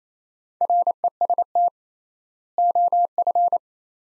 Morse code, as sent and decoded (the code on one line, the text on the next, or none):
.-. . ... - / --- ..-.
REST OF